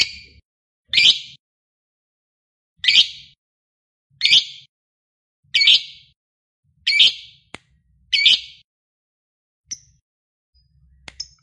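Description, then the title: Lovebird calls: loud harsh chirps repeated roughly every one to two seconds, then a few faint short notes. Recording meant to prompt a lazy, silent lovebird into spontaneous, excited calling. "LOVEBIRD Malas Bunyi JADI GREGET SPONTAN Langsung NARIK"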